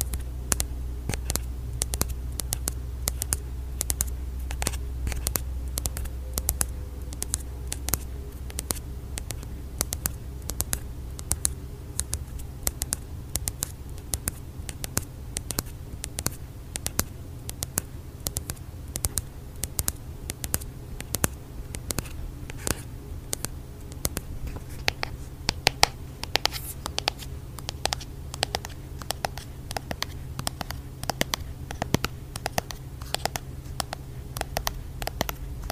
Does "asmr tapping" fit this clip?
yes